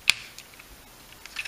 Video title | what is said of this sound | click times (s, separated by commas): Transformers Age of Extinction Voyager Class Galvatron Review | sides and then their heels in here make this kind of snap into place | 0.1 s